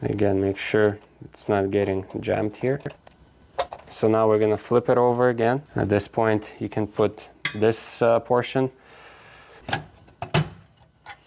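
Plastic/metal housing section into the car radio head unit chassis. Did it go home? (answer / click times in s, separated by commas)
yes / 10.4 s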